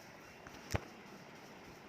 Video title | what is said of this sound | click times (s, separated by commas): Unboxing KBOOM Camera Tripod Stand, ULANZI St-06 Phone Holder, Boya BY-MM1 Shot Gun Microphone | చూసారు కదా friends, నా mobile ఎట్లా fit అయిపోయిందో. అది ఇప్పుడు మొత్తానికి లాక్ అయిపోయింది ఫ్రెండ్స్. | 0.5 s, 0.8 s